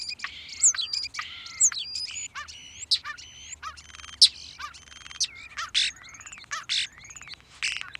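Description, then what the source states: European starlings calling as a flock: a varied stream of thin whistles, rising and falling slurs, sharp clicks and buzzy chatters. A flock; species first brought to North America by Shakespeare enthusiasts in the 19th century; starlings warble, whistle, chatter and squeak, with strong vocal ability and mimicry.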